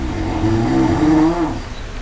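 Brown bear, a single drawn-out moaning call, tonal and fairly low, lasting about a second.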